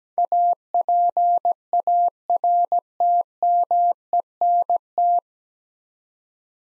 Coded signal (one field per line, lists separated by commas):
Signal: Morse code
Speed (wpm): 17 wpm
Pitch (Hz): 700 Hz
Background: none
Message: APARTMENT